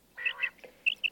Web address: Перепел Quaglia. plurifon